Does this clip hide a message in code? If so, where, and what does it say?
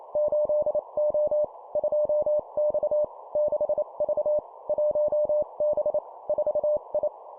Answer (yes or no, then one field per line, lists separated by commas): yes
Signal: Morse code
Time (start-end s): 0.2-7.1 s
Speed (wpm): 28 wpm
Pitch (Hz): 600 Hz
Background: none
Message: 8O 2X 6V 1B 4I